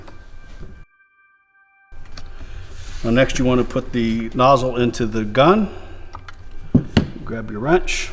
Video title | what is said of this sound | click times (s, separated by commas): VP300ES Victory Cordless ESS Backpack Sprayer Demo | and listen for the click and make sure that this is flush right there | 2.2 s